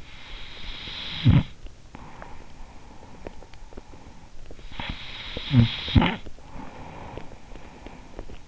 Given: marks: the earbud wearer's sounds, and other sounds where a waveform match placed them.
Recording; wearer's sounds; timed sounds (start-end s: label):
sounds in sleep by an in-ear microphone; snoring breath
0.18-4.30 s: snoring breath
4.64-8.48 s: snoring breath